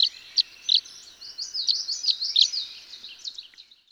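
Tree swallow twitter: a few sharp chirps lead into rapid liquid gurgling notes that fade out near the end.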